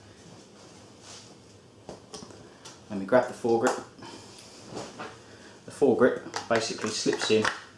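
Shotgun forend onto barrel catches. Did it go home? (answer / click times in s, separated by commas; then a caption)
no / none. Someone talks while handling the wooden or synthetic foregrip of a Browning Cynergy Black Ice 12-gauge over-under shotgun, about to slip it onto the barrels and into its catches. Brief handling knocks sound at about 1.9 and 2.2 seconds. The forend has not clicked or seated yet.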